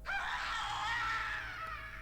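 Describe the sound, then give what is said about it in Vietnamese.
A single piercing scream from the door, high and shrill, holds steady for about two seconds before tapering off slightly, with no talking over it. “Tiếng thét vắng trời từ phía cửa”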